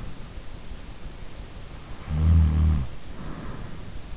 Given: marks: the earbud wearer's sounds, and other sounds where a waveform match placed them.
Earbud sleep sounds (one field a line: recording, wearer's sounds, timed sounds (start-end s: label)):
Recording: sounds in sleep by an in-ear microphone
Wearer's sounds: snoring breath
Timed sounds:
1.93-3.40 s: snoring breath